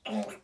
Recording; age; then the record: pig call; piglet (1 to 25 days)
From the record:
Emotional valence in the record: negative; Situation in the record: restrain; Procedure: back test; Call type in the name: low-frequency call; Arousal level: maximum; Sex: male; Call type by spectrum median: low-frequency call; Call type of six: mixed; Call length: 0.44 s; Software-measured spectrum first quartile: 250 Hz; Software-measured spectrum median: 560 Hz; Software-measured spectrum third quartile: 1350 Hz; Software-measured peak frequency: 607 Hz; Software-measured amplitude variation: 189 dB a second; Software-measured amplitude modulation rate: 10.3 a second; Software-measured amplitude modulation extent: 18.5 dB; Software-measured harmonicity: 3.8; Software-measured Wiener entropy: -1.01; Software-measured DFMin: 1198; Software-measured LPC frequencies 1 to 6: 612, 2815, 5010, 6854, 7520, 8428 Hz